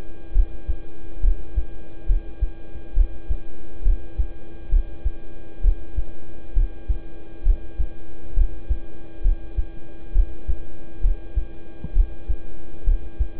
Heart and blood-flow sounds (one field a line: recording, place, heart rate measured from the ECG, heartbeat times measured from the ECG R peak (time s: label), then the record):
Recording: heart sounds by stethoscope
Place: between the tricuspid and mitral areas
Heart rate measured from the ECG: 67 bpm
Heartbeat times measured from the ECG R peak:
0.32 s: heartbeat
1.20 s: heartbeat
2.06 s: heartbeat
2.93 s: heartbeat
3.82 s: heartbeat
4.69 s: heartbeat
5.61 s: heartbeat
6.53 s: heartbeat
7.43 s: heartbeat
8.34 s: heartbeat
9.21 s: heartbeat
10.12 s: heartbeat
11.01 s: heartbeat
11.93 s: heartbeat
12.84 s: heartbeat
From the record:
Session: rest, lying down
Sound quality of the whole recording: good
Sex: male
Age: 26 years